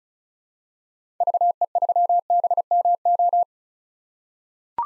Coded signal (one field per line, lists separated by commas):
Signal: Morse code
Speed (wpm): 36 wpm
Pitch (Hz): 700 Hz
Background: none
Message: VE3BMO